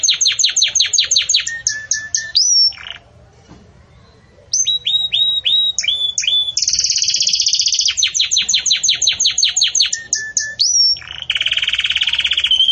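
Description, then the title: Canary song: fast repeated chip series and rising whistles, a short pause, then more rattling phrases and a loud sustained buzzy trill. Belgian canary song, described as campainha, used for breeding chicks to learn from. "Belíssimo Canto Do Canário Belga Campainha Para Encarte De Filhotes"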